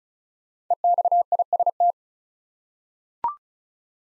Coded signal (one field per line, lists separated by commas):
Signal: Morse code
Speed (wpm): 34 wpm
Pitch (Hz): 700 Hz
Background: none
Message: EXIST